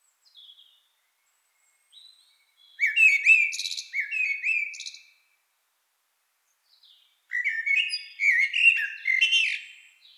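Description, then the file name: Common blackbird delivering two separate warbled song phrases, each a mellow fluting run ending in high scratchy twitters, with soft thin notes in the pauses. "Turdus merula"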